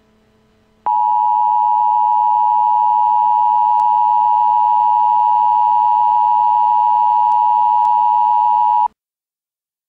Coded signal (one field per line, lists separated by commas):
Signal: Emergency Alert System (SAME) tones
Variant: 853 and 960 Hz attention tone